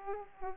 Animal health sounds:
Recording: mosquito wingbeat signal from an infrared sensor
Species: Aedes aegypti

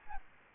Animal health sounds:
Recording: mosquito wingbeat signal from an infrared sensor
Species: Aedes aegypti

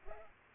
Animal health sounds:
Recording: mosquito wingbeat signal from an infrared sensor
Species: Culex pipiens

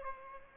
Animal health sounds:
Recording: mosquito wingbeat signal from an infrared sensor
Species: Aedes aegypti

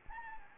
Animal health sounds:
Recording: mosquito wingbeat signal from an infrared sensor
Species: Anopheles gambiae

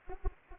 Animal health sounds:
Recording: mosquito wingbeat signal from an infrared sensor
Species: Anopheles arabiensis

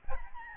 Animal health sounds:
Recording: mosquito wingbeat signal from an infrared sensor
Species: Aedes albopictus

